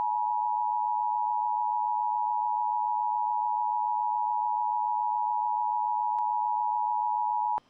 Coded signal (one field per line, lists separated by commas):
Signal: Emergency Alert System (SAME) tones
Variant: 853 and 960 Hz attention tone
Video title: Required WEEKLY TESTS - NO EAS